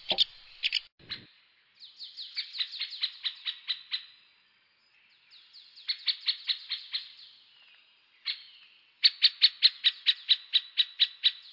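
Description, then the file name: Great spotted woodpecker giving sharp, high 'kik' calls in loose series, bursts of several notes separated by short pauses. "pic epeiche cri"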